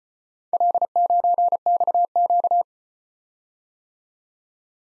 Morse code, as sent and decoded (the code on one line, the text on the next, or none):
.-.. ----. -..- --.-
L9XQ